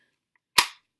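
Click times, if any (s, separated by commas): 0.6 s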